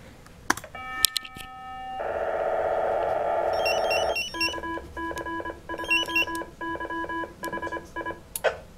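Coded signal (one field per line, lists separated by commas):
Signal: POCSAG pager data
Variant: 512 baud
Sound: a few steady tones, a two-second harsh buzz, then quick rhythmic melodic beeps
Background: small room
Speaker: So, I'll do that one again. Hit the repeat button over here.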